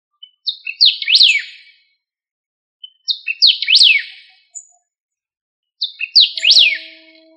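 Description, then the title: Bird song: a high, sweeping phrase of quick rising and falling notes, repeated three times at intervals of roughly three seconds, with silence between phrases. "LuckyPassaro Completos2Sama"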